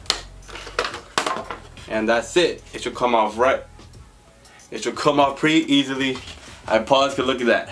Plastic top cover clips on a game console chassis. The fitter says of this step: you gonna hear a couple clicks don't worry you didn't break it oh one more click and that's